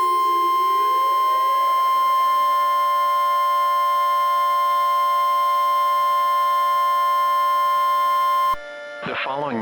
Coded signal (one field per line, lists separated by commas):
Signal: Emergency Alert System (SAME) tones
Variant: 1050 Hz attention tone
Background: speech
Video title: EAS Scenario Special - Radioactive Queen II